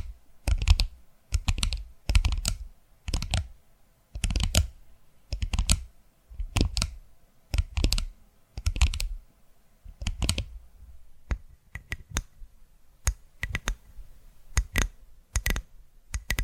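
Tapping sounds come in quick clusters, sharp dry clicks with a dull low thump beneath each group, repeating roughly every second. The bursts are fairly regular through the first ten seconds, then become sparser and lighter, with single crisp taps between short silences.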